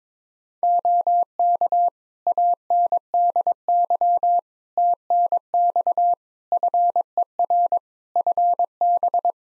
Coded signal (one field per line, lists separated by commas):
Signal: Morse code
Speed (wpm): 22 wpm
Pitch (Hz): 700 Hz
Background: none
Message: OK ANDY TNX FER FB